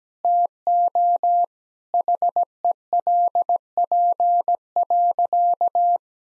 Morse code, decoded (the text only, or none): TO HELP.